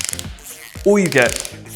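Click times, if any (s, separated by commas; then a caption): 0.0 s, 0.1 s, 0.2 s. A Wera Safe-Torque torque-limiting wrench is turned past its preset torque value, and its mechanism breaks away and slips instead of tightening further. It gives rapid, sharp metallic ratchet-like clicks at about 0.0, 0.1, 0.1 and 0.2 seconds. Someone then talks.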